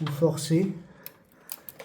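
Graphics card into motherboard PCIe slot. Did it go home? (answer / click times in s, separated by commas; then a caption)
yes / 1.5 s. Someone talks briefly while a graphics card is pressed down into a motherboard PCIe slot. After the talking stops, a few short clicks follow, and the plastic slot retention clip snaps at 1.5 s. The card is seated in the slot.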